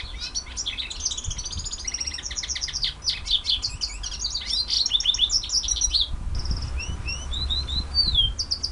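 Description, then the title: White-eye song: tumbling high chirps and trills, then a few clear sweeping whistles near the end, with a faint low hum. Song in the ngerol ngalas style. "Suara Burung Pleci Ngerol Ngalas"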